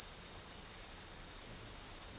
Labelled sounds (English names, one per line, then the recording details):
none
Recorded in secondary vegetation near Puerto Asís, Putumayo, Colombia, on 4 March 2025 at 14:30
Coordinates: 0.499, -76.323
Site G094